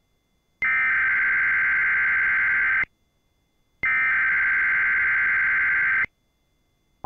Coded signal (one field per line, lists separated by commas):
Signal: Emergency Alert System (SAME) tones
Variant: header bursts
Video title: EAS 2700: Tennessee Amber Alert